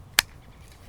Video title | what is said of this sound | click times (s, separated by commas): Gerber StrongArm vs Morakniv Garberg - Used & Compared | in contrast the strong arm when placed in the sheet has a very distinctive and snug snap | 0.2 s